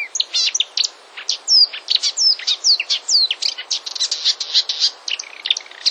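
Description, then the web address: Marsh warbler song: fast medley of slurred descending whistles and chirps, almost continuous and highly varied. "wroblowe kolekcja lozowka"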